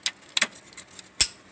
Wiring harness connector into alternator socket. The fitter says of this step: hear a snap you hit our snap you know a seated properly